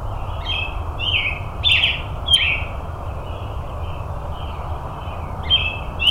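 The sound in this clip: Robin song: short, thin, sweeping notes around high pitch, delivered in scattered phrases over a steady low rumble of background noise.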